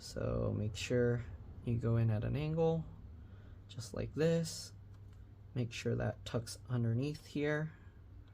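During a USB-C charge port replacement on a T-Mobile Samsung Galaxy S20 (SM-G981U) that is not charging, a plastic internal cover or board piece is tucked in at an angle under an edge of the smartphone frame while someone talks. Only faint handling sounds are heard under the voice, and nothing has seated or clicked into place yet.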